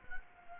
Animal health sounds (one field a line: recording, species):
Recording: mosquito wingbeat signal from an infrared sensor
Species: Culex quinquefasciatus